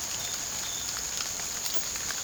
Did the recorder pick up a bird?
no